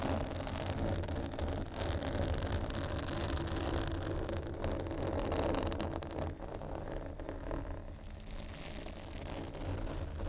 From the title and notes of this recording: ASMR 2 Magic Textures (scratching, Tapping)（No Talking）.